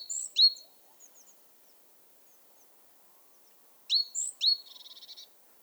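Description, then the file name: Great tit giving sharp high notes, then a later phrase ending in a dry buzzy churring rattle. "Parus major"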